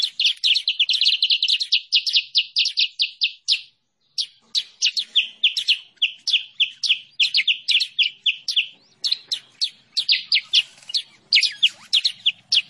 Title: Masteran Kutilang Sutra. suara pikat burung kutilang sutra terbaru paling ampuh